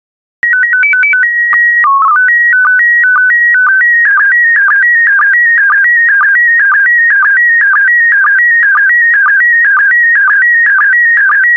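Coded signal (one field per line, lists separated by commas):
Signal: SSTV (slow-scan television)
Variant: PD 120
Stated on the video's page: SSTV images sent in PD120 mode, a daily set for decoding practice.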